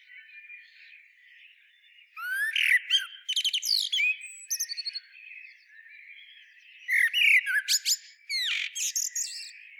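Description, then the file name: Eurasian blackbird singing two phrases, each a short fluted warble that breaks into rapid high, scratchy twitters. "Turdus merula"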